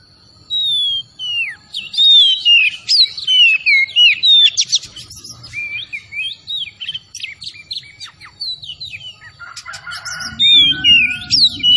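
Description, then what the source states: Oriental magpie-robin song: rapid varied whistled phrases, slurred rising and falling notes and scratchy bursts, over a steady high thin tone and faint low rumble. Kacer Tretes type, singing vigorously (gacor).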